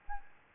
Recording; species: mosquito wingbeat signal from an infrared sensor; Aedes albopictus